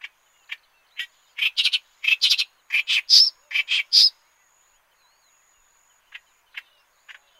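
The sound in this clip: Clamorous reed warbler song: loud, harsh croaking and chattering notes in a dense burst with two higher squeaky whistles, with scattered single notes before and after.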